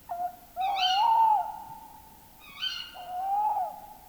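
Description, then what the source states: Tawny Owl gives two rounds of long wavering mid-pitched hoots, each with a sharper harmonic call above it. Field recording from Finland, released 1987 on cassette.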